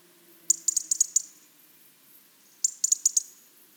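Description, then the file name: European robin call, two clattering runs of five or six high, clipped ticks roughly two seconds apart. "Erithacus rubecula"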